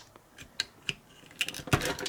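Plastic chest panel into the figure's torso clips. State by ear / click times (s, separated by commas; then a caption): not seated / none. A plastic chest panel on an Optimus Prime MP10 transforming robot figure is being handled and pressed toward its clip system in the torso, giving a few light plastic taps and scrapes. Nothing has seated or clicked yet.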